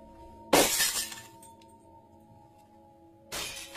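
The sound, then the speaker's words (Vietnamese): A loud crash of glass shattering, struck hard with a stick inside a house, bursts out, followed by a scatter of tinkling shards that fades into a low hum, then a second bright crash of breaking glass near the end. “Tiếng đổ vỡ loảng xoảng vang lên.”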